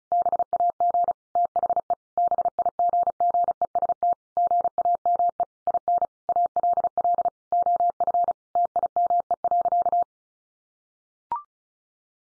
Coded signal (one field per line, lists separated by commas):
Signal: Morse code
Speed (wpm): 34 wpm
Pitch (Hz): 700 Hz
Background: none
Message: BAG THE BIGGEST GAME IN ALL OF TIME.